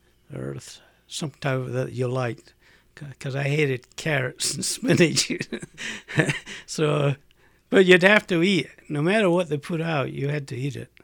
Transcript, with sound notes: earth, some type that you liked. Because I hated carrots and spinach. ( he laughs ) So, but you'd have to eat it. No matter what they put out, you had to eat it.